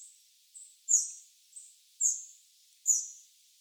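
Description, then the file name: Eurasian wren calls, a few sharp high ticks with softer notes between, spaced about a second apart. "Troglodytes troglodytes"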